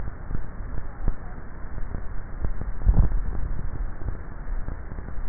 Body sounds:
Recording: swallowing sounds by neck microphone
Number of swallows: 1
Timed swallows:
2.80-3.70 s: swallow
From the record:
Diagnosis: dysphagia

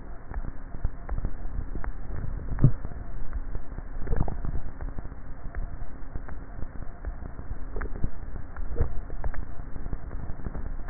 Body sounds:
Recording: swallowing sounds by neck microphone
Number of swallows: 3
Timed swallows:
2.12-2.88 s: swallow
4.05-4.72 s: swallow
8.72-9.45 s: swallow
From the record:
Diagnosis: dysphagia

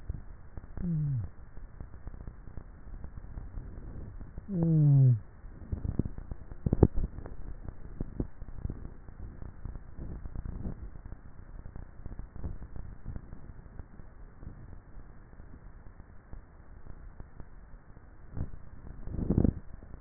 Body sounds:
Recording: swallowing sounds by neck microphone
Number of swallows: 3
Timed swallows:
6.72-7.52 s: swallow
12.48-13.15 s: swallow
18.45-18.85 s: swallow
From the record:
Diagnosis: dysphagia

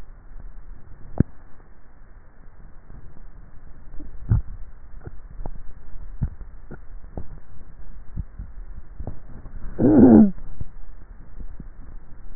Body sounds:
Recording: swallowing sounds by neck microphone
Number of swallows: 4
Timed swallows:
4.05-5.52 s: swallow
6.05-6.95 s: swallow
8.02-9.02 s: swallow
11.45-12.05 s: swallow
From the record:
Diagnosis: dysphagia

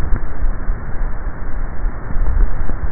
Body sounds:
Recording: swallowing sounds by neck microphone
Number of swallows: 1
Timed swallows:
2.07-2.80 s: swallow
From the record:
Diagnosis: dysphagia

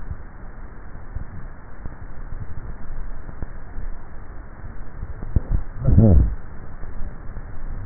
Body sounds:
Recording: swallowing sounds by neck microphone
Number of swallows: 1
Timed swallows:
2.83-3.93 s: swallow
From the record:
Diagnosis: dysphagia

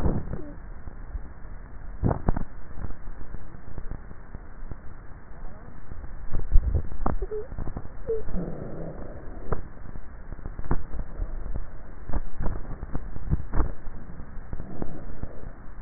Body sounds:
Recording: swallowing sounds by neck microphone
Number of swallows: 2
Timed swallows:
6.12-7.25 s: swallow
8.05-13.72 s: swallow
From the record:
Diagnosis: dysphagia

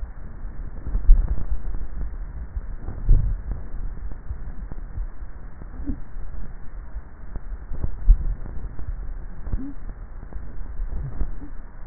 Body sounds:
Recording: swallowing sounds by neck microphone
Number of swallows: 3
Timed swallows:
0.95-1.92 s: swallow
2.95-3.85 s: swallow
7.88-8.72 s: swallow
From the record:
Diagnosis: dysphagia

